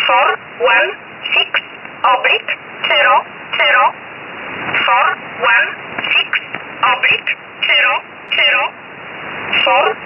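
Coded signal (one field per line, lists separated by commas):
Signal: numbers station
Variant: E11 Oblique, English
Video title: 13 05 2019 E11 Oblique Numbers station in English 0450 on 7469 unknown tx site in USB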